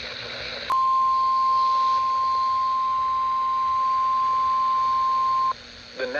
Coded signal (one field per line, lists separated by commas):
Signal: Emergency Alert System (SAME) tones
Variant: 1050 Hz attention tone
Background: speech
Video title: EAS Alerts From 6/26/25: A Compilation (EAS 832-844)